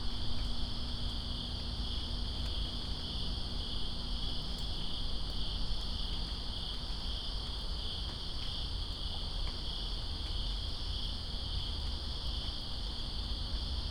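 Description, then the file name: Cricket chorus, a steady shimmering high trill that never pauses, set against steady rain noise and scattered drop clicks. Crickets in Greensboro on September 2, 2017, during rain. "Greensboro Crickets And Rain September 02 2017"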